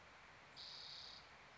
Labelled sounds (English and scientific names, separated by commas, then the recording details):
Spotted Towhee (Pipilo maculatus)
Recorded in Sonoma County, California